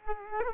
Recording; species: mosquito wingbeat signal from an infrared sensor; Culex quinquefasciatus